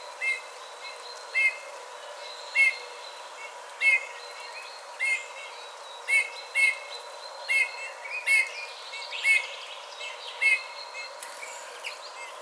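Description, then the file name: Eurasian bullfinch calling with short, soft, slightly curved whistles repeated roughly every second, while other songbirds twitter faintly behind. "Pyrrhula pyrrhula"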